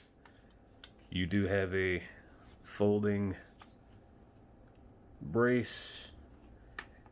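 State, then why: Seated. Someone talks while the folding brace on an MCK Gen 2 pistol carbine conversion chassis for a Glock is swung into position. A sharp snap at 6.8 s marks the brace catching on a small hook and locking into place.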